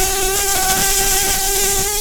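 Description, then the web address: Red-tailed bumblebee queen buzzing: a loud, steady, even drone with a clear low hum and stacked overtones, unbroken throughout. "Lapidarius queens"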